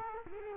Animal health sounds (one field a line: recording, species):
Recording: mosquito wingbeat signal from an infrared sensor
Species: Culex quinquefasciatus